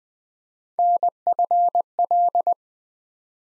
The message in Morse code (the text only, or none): NFL